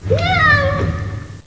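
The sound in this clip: Cat giving a single meow, a bright drawn-out cry that rises then slowly falls, with a low steady hum underneath.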